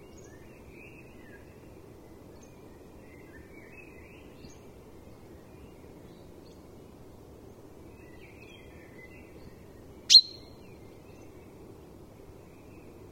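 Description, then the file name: Common chaffinch giving a single sharp, high call note late; a few faint, soft chirps scattered through otherwise quiet background hiss. "Fringilla coelebs"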